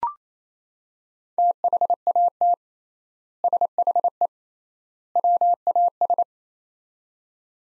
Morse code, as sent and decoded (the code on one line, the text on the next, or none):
- .... .- - / ... .... . / .-- .- ...
THAT SHE WAS